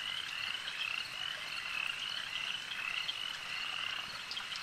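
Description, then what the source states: Frogs croaking in chorus, a fast continuous trill held at a steady high pitch, over a constant soft hiss. Swamp in a forest at night, in light rain.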